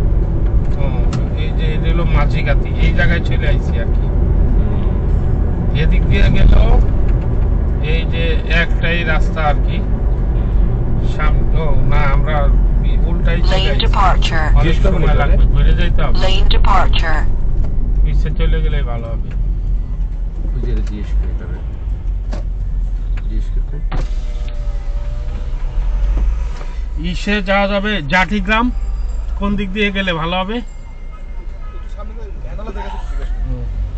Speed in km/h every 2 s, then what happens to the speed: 60, 64, 67, 68, 69, 65, 59, 50, 37, 20, 11, 10, 4, 0, 0, 0, 0.
0-4 speeds up to 67. 4-9 steady at about 68. 9-25 brakes to 0. 25-34 standing.